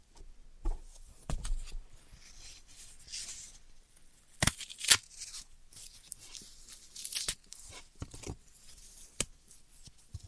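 Floral foam is tapped, cut and crushed in a string of short, dry, crumbly sounds. Sharp taps and snaps stand out near the start, around four to five seconds, and again at seven and nine seconds, with soft scraping and crackling between them and brief quiet gaps.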